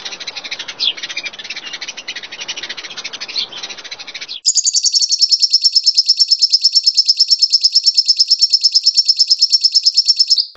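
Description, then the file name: Bird song: a busy, scratchy chatter gives way to a long, even high trill of rapidly repeated notes. A combination of songs. "kombinasi grj cl lb"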